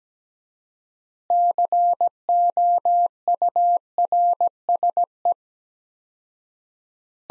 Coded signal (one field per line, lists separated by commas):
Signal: Morse code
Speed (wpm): 17 wpm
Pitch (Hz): 700 Hz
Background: none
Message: COURSE